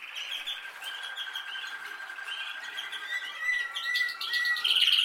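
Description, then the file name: Canary trilling in quick rolling phrases that end in a sharp, high buzzy trill. "Canary Voice"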